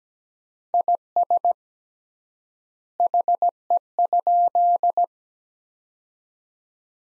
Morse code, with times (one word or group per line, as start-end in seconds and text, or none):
0.7-1.5 IS
3.0-5.0 HE?